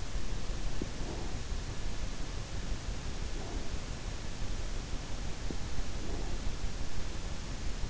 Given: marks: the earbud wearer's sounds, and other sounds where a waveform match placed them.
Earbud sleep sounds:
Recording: sounds in sleep by an in-ear microphone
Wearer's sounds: breath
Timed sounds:
0.69-1.37 s: breath
3.24-3.76 s: breath
5.51-6.41 s: breath

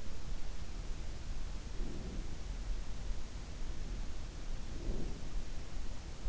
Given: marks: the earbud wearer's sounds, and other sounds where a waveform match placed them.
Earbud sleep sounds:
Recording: sounds in sleep by an in-ear microphone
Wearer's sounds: breath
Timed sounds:
1.70-2.46 s: breath
4.69-5.45 s: breath

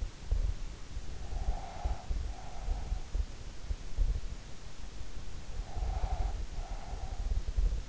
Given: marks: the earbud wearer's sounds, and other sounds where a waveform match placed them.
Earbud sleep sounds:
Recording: sounds in sleep by an in-ear microphone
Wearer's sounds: breath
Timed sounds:
1.14-3.33 s: breath
5.56-7.89 s: breath

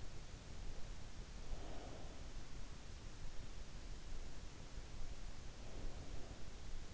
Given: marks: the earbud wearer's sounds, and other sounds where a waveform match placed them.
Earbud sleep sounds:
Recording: sounds in sleep by an in-ear microphone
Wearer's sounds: breath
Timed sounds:
1.41-2.74 s: breath
5.29-6.88 s: breath

